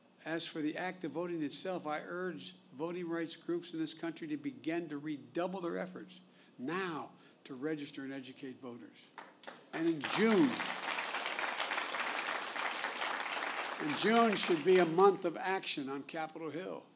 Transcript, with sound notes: as for the act of voting itself, I urge voting rights groups in this country to begin to redouble their efforts now to register and educate voters. (Applause.) And in June—June should be a month of action on Capitol Hill.